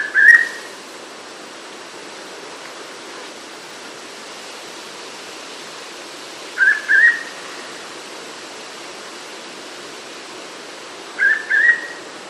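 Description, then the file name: Hooded pitta calls: a whistled double note, two short clear whistles close together, given three times over steady hiss. "pitta sordida"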